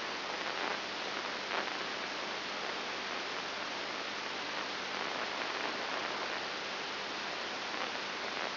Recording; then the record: brain microelectrode recording played as sound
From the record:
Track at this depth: inside the subthalamic nucleus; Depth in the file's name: 3.502 mm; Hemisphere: left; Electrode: 3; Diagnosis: Parkinson's disease